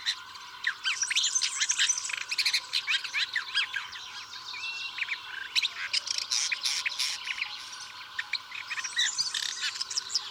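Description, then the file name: Woodchat shrike song, a rapid jumble of scratchy chatters, trills and short whistles running almost continuously. "woodchat shrike omkicau"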